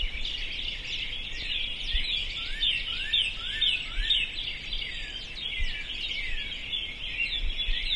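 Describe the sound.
Many birds calling at once, busy high twittering with repeated downward slurs, steady throughout over light background noise.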